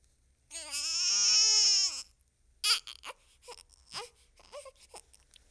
Baby Crying.